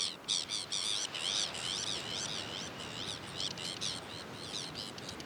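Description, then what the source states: Sabine's gull giving a dense, continuous series of rasping, grating notes, with steady background noise throughout. Recorded on Jan Mayen on 14 July 2024.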